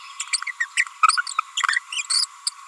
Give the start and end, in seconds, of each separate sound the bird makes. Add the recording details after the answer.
0.19-0.23, 0.33-0.37, 0.60-0.65, 0.77-0.83, 1.03-1.07, 1.57-1.60, 1.92-2.02, 2.10-2.25, 2.46-2.50. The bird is a female. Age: 30 days. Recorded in a nest box in Venezuela. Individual 17B42A4